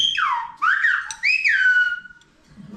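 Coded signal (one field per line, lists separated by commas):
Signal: whistled language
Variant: Silbo Gomero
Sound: a loud gliding whistle in three phrases, pitch sweeping down then rising and falling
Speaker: Right now, start the whistling show. The whistling demonstration.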